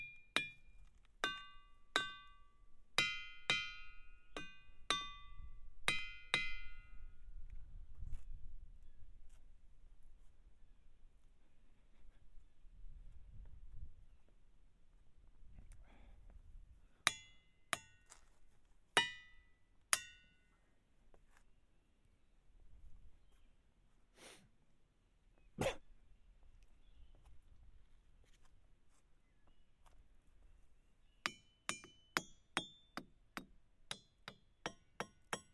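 A hammer strikes rocks, some blows ringing with a bright, bell-like tone that lingers briefly while others land as short dull knocks. Quick bursts of ringing strikes come at the start and near the end, with sparser hits and low rumbling footsteps in between.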